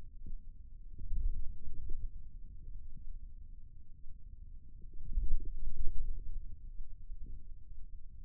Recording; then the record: forearm muscle sounds (acoustic myography)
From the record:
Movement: ulnar deviation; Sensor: system 2, bracelet of six BSWA MPA416 microphones around the upper forearm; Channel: 3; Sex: male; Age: 22 years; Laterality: right